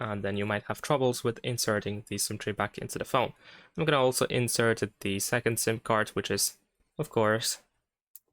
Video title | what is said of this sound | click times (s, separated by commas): Nothing Phone 3: How to Insert SIM Card | You might hear a little click as you insert the SIM card. | 8.2 s